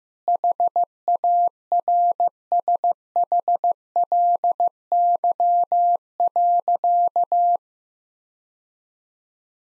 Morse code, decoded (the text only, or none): HARSHLY.